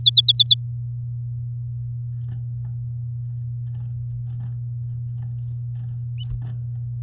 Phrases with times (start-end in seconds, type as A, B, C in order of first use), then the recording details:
0.01-0.54 A. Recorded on 7 May 2018 at 09:42. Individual llb16